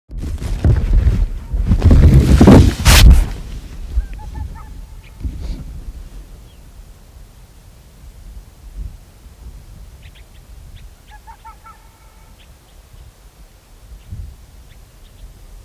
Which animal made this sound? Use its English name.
Arctic Fox